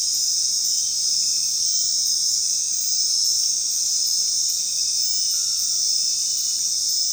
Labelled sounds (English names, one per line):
none